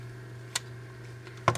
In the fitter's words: snaps back into place